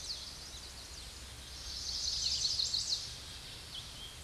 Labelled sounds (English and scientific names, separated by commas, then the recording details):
Chestnut-sided Warbler (Setophaga pensylvanica) song
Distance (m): 40 m
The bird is about 15 m above the microphone
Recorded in a Pennsylvania forest on 16 May 2024 at 08:26
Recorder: AudioMoth, point MSD-1338
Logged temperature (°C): 12.6 °C
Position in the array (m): 86 m, 63 m